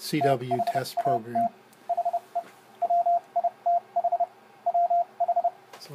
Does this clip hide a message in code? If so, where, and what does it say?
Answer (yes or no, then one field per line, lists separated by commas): yes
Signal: Morse code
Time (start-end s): 0.2-5.5 s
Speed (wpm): 30 wpm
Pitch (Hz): 690 Hz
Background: speech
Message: THAT HE WITH WH